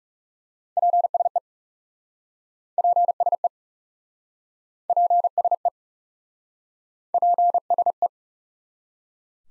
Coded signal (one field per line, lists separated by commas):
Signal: Morse code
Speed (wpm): 40 wpm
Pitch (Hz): 700 Hz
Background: none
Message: PSE PSE PSE PSE